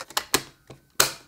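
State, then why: Seated. After the main brush is reassembled, the plastic brush cover is pressed back onto the underside of a Yeedi Vac 2 Pro robot vacuum. A few light taps and clicks lead up to a sharp snap at 1.0 s as the cover clicks shut and seats. The fit is called simple and intuitive.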